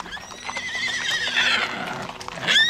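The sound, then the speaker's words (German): A horse on a mountainside whinnies in one long, shrill, quavering call that wavers up and down in pitch, ending in a brighter burst, with faint scuffing underneath. “Die Pferde können nicht weiter den Berg hinaufmarten.”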